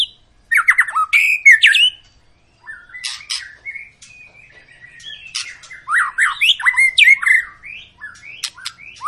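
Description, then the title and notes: White-rumped shama song: loud slurred whistles and squawky notes in bursts, a quieter trilled passage, then more rapid whistled phrases. Long lure song of a vigorously singing (gacor) shama, used to stimulate other birds to sing. "Pancingan Murai Batu Gacor Panjang. muraiku"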